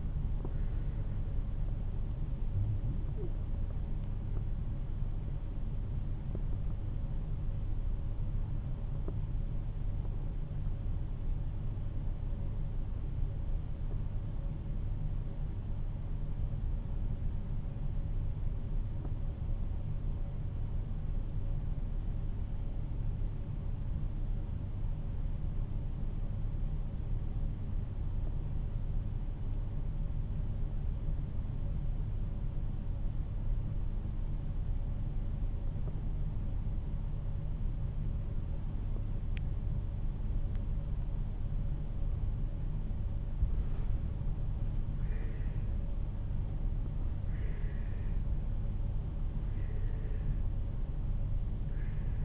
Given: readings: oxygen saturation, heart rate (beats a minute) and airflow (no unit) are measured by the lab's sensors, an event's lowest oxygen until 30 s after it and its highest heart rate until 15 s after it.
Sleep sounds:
breathing in sleep by a smartphone at the bedside; 1
5.00-52.25 s: new sleep stage, N1 (lightest sleep)
9.00-46.20 s: hypopnea (N1, oxygen 95% highest, then 86% lowest, heart rate 55 at the start, 60 highest)
From the record:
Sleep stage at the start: N2 (light sleep); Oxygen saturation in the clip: 86 to 95%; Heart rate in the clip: 45 to 62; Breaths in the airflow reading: 5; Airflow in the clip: -7.9 to 13.0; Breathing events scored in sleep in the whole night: 388 in 6.5 hours asleep

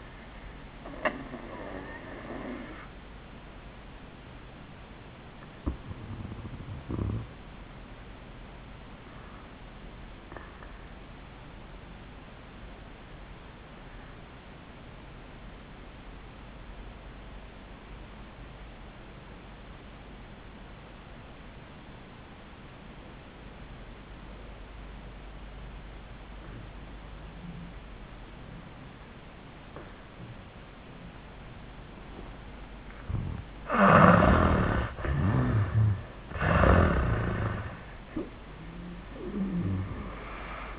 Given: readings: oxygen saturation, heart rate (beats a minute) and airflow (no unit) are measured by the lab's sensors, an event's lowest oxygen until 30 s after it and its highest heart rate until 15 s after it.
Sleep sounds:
breathing in sleep by a voice recorder at the bedside; 1
7.00-40.79 s: new sleep stage, REM sleep
10.00-35.20 s: obstructive apnea (REM, oxygen 98% highest, then 81% lowest, heart rate 85 at the start, 92 highest)
From the record:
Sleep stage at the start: N1 (lightest sleep); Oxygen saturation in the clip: 80 to 98%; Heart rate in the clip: 71 to 98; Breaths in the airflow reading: 4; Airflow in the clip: -25.8 to 8.7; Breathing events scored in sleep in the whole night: 400 in 8.7 hours asleep

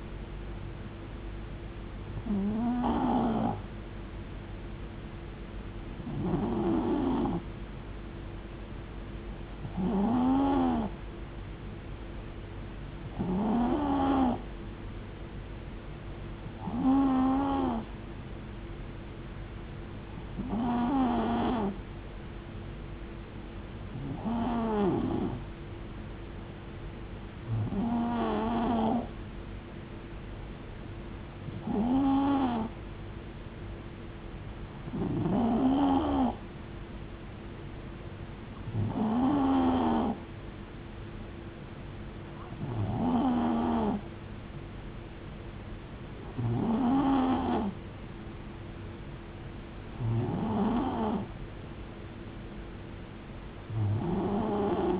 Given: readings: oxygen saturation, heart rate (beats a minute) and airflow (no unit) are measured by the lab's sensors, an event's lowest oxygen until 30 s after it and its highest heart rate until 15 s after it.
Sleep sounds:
breathing in sleep by a voice recorder at the bedside; none
50.00-55.00 s: new sleep stage, N3 (deep sleep)
From the record:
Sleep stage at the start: N2 (light sleep); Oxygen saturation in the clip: 91 to 92%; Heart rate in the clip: 65 to 73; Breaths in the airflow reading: 15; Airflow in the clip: -4.7 to 2.6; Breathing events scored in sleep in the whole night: 389 in 6.3 hours asleep

